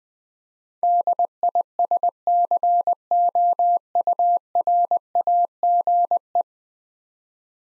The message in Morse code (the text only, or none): DISCOURAGE